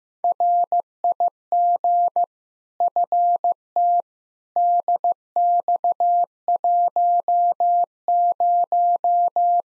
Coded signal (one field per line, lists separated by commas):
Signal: Morse code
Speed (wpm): 15 wpm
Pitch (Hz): 700 Hz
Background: none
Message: RIG FT DX10